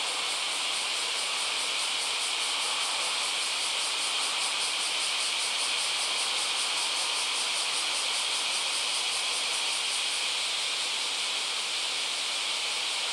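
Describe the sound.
Cicada buzzing, a continuous high sizzling drone with a fine throbbing pulse, level and unchanging throughout.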